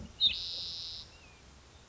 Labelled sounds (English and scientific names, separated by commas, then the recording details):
Spotted Towhee (Pipilo maculatus)
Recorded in Sonoma County, California